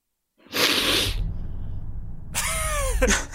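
A loud, forceful nose sniff: a harsh, hissing rush of air, a brief low rumbling pause, then a second snorting blast with a slight honking tone. No one speaks.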